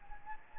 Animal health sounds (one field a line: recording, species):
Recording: mosquito wingbeat signal from an infrared sensor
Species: Anopheles gambiae